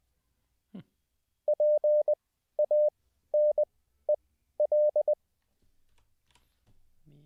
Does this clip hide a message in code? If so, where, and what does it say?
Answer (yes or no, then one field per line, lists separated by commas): yes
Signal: Morse code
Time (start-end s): 1.5-5.1 s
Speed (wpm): 20 wpm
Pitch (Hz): 600 Hz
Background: none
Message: PANEL